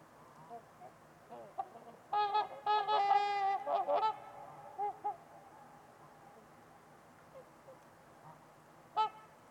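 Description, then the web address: Trumpeter swans giving a burst of loud, nasal trumpeting honks in quick succession, then a few softer calls and a final sharp honk. Trumpeter swans on a winter's eve at Winters Lake in a deep, quiet valley, with distant white noise. "Trumpeter Swans on a Winter's Eve. Nick-Mc Mahan Winters-Lake-with-Swan. Wind Is the Original Radio"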